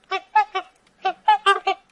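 Swan giving nasal, trumpet-like honks with rich harmonics, three notes, a short pause, then four more in a quick run.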